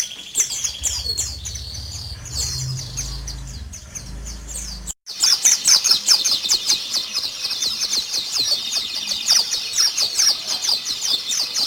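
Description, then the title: White-eye with a steady, high, rushing twitter of fast jumbled notes, louder and denser in the second half, over a faint low hum early on. White-eye (pleci) called Mr. Kebo; Malang, East Java. "Pleci Mr. Kebo Malang - Jawa Timur"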